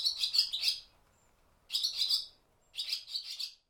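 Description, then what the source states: Barn swallows giving bright, high twittering chirps in three quick bursts of rapid notes, separated by short silent gaps. Barn swallows recorded inside a barn, from the recordist's sound library.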